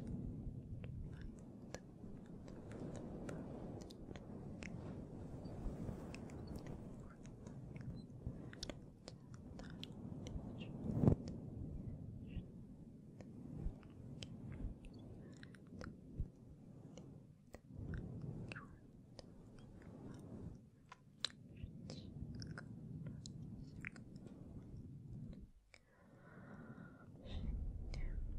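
Soft, breathy whispering with no clear words runs through nearly the whole stretch, mixed with frequent small taps, rubs and clicks of fingers on the mic. One sharper knock lands around eleven seconds, and a brief pause near twenty-six seconds is followed by a low rumbling brush.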